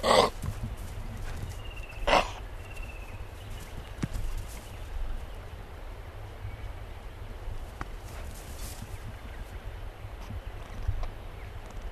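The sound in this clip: Eastern grey kangaroo grunts, two brief rough bursts about two seconds apart, then low background rumble.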